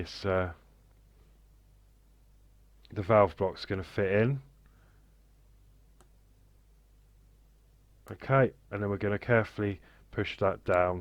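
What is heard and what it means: A plastic valve box is lined up on a scale model bus gearbox assembly, with only faint handling taps near 4.7 s and 6.0 s between bursts of talk. Someone talks. The box has not been pushed down yet, and nothing has seated or clicked.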